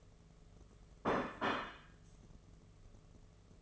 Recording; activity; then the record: daily activity, microphone in the room; place plate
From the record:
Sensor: 4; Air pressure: 1016.0 hPa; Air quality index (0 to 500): 209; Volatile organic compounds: 13 ppm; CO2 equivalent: 2406 ppm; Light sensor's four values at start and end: 17/40/17/17 and 17/40/17/17